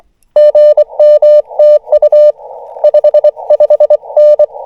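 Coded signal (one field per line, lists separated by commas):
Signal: Morse code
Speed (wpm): 21 wpm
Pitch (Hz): 600 Hz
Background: none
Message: GMTU 55N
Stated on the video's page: SOTA/POTA summit and park activation, FTX-1F at 10W, RHM12 antenna, 40m and 2m, BaMaKeY TP-III paddle.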